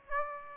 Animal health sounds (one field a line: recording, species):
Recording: mosquito wingbeat signal from an infrared sensor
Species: Aedes aegypti